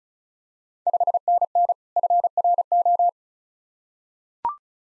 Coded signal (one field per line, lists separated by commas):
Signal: Morse code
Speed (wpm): 34 wpm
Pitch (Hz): 700 Hz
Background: none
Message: 5NN FRO